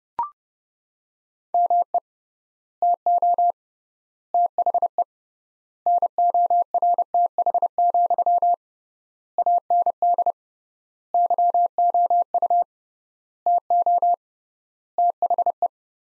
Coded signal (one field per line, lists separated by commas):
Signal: Morse code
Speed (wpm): 32 wpm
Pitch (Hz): 700 Hz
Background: none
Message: ME TO THE NORTH, AND YOU TO THE